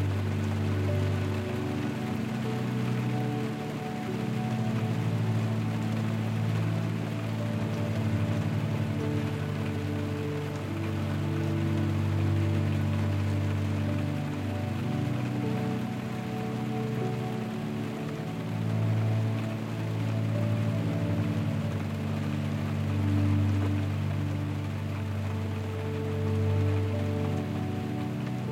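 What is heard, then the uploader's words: Steady rain patters on a tent while a soft, low piano melody repeats slowly underneath, sustained notes blending into a dense, even wash. Rainy Night In A Tent | Calming Soft Piano with Rain Sounds. Rain falling on a tent while camping along with a soft piano melody that repeats.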